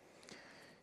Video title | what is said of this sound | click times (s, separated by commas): Upgrade Synology DS218+ RAM - Going from 2 GB to 10 GB in Minutes | gotta you gotta line the edges there push it in and then just snap right in place | 0.2 s, 0.3 s